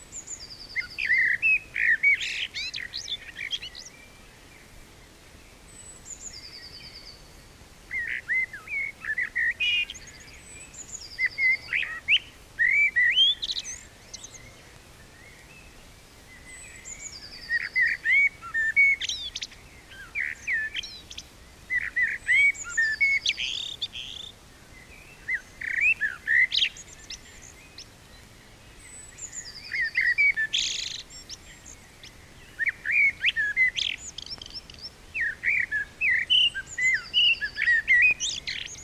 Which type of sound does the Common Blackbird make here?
song